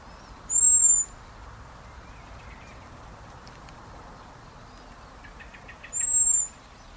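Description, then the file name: Common blackbird giving thin, very high, level whistled notes, each about half a second long; two calls roughly five seconds apart over faint background hiss. "Turdus merula"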